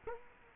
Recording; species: mosquito wingbeat signal from an infrared sensor; Culex quinquefasciatus